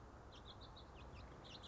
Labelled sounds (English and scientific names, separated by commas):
House Finch (Haemorhous mexicanus)